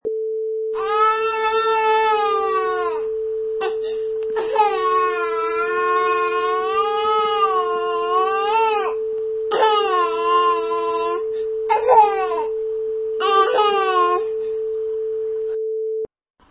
Baby Crying.